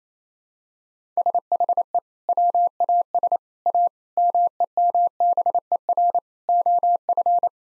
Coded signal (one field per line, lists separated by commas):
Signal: Morse code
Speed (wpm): 28 wpm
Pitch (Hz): 700 Hz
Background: none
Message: SHE WAS A MEMBER OF